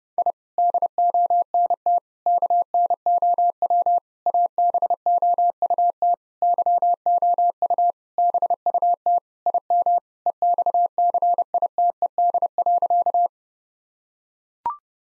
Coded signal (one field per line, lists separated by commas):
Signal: Morse code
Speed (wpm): 32 wpm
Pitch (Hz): 700 Hz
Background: none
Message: I DONT KNOW ABOUT YOU BUT IM EXCITED.